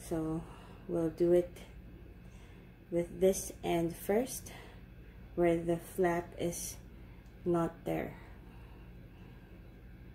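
Someone talks while fitting the end of a metal watch band, the end without the flap, between the lugs of a smartwatch case, readying its spring-loaded quick-release pin for the lug hole. The pin has not snapped into the lug yet, so nothing has seated or clicked in this clip.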